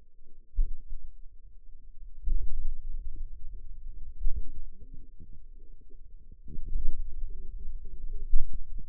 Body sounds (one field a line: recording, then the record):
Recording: forearm muscle sounds (acoustic myography)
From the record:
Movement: pen grasping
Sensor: system 2, bracelet of six BSWA MPA416 microphones around the upper forearm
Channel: 2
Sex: female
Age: 21 years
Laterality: right